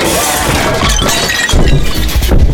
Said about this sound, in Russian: Поднимается по приставной лестнице, берет сверху большие ножны от огромного меча, падает вместе с лестницей.